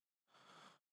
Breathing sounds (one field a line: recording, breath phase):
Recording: one breath near a microphone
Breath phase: inhalation